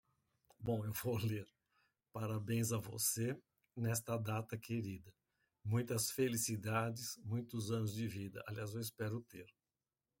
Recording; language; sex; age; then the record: short text; Brazilian Portuguese; male; 60 to 69 years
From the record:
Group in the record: control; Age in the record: 63 years